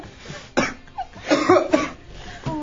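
A sharp cough burst, then a couple of rougher, voiced coughs from an adult doing up-downs during exercise, with faint room noise.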